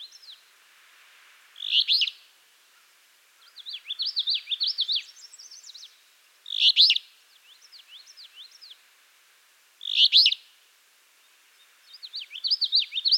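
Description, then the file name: Alder flycatcher repeating a harsh, burry phrase three times, about every four seconds, with another bird's rapid, jumbled high song between them. "Empidonax alnorum - Alder Flycatcher"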